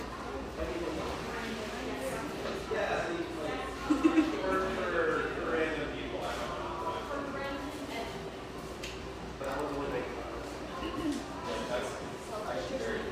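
Coffeehouse chatter fills the scene, a steady murmur of overlapping voices with a brief clatter near four seconds and a low constant hum.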